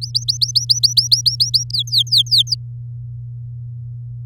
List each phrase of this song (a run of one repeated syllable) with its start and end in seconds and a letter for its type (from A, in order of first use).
0.01-1.64 A, 1.70-2.55 B